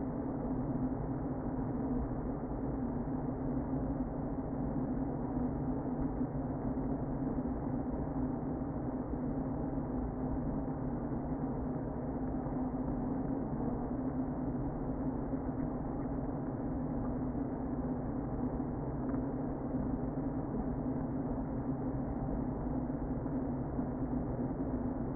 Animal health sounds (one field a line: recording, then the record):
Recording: honeybee colony, microphone inside the hive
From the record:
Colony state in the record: queen present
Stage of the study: before two queens were removed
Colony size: about 60,000 bees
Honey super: yes